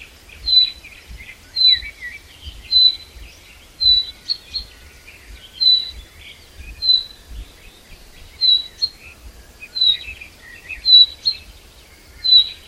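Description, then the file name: Common chaffinch calling with brief, high tonal whistles in a series, over low background noise. "Fringilla coelebs"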